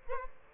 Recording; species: mosquito wingbeat signal from an infrared sensor; Aedes albopictus